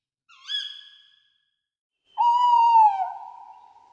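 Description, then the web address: Tawny owl hooting: a short hoarse note, a pause, then a long steady low hoot that sags slightly in pitch toward the end. Breeding bird. "fauna broedvogels bosuil"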